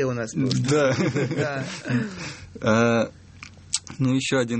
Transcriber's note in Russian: смеется